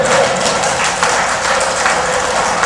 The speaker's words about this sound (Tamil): பாத்தீங்களா, பாதிக்கப்பட்ட ஆம்பளைங்கெல்லாம் கை தட்டுறாங்க பாத்தீங்களா